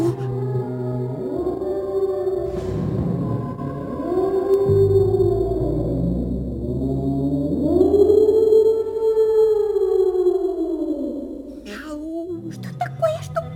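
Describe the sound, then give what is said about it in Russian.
A deep, drawn-out moaning voice effect of a monster serpent swoops slowly up and down in long wavering arcs, loud and eerie like a huge creature groaning, with a few short clicks near the end. “Это, видать, голос змея Хапуна.”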